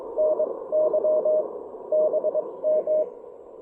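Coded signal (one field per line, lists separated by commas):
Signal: Morse code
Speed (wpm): 20 wpm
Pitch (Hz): 590 Hz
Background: radio noise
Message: N Y BM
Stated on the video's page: Park activation on 20M using an Elecraft KX1 with a PackTenna 20M EFHW antenna at a state park.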